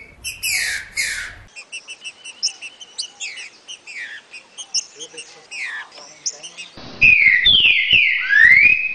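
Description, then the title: Green-winged saltator song: loud chirps at the start, then scattered short chirps, then several loud, clear whistled notes that slide downward near the end. "trinca ferro"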